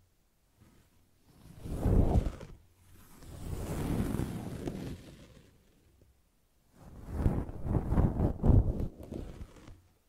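Brushing and scratching strokes come in three swelling passes, around two, four and eight seconds, each a rough swishing sweep with gritty crackle inside. The first is short and sharp, the middle one slow and soft, the last busier and scratchier. Near-silence separates them.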